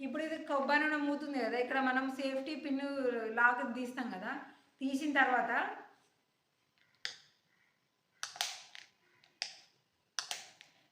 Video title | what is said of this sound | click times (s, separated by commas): కొబ్బరి నూనెలో కల్తీ 😱🤨 #vlog #viral #trending #memes | ఇప్పుడు మూత తీస్తా ఉంటే పెడతా ఉంటే మనకి టిక్ టిక్ టిక్ అని సౌండ్ వచ్చింది కదా | 7.0 s, 8.2 s, 8.4 s, 9.4 s, 10.2 s, 10.3 s